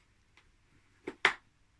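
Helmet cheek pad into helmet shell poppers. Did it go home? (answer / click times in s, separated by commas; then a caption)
yes / 1.2 s. A cheek pad is pushed firmly onto the press-stud poppers inside the shell of a Fodsports M1-S Pro full face helmet. A faint tick at 0.4 s and a sharper one at 1.1 s lead to a loud, sharp snap at 1.3 s as the popper locks the pad into place.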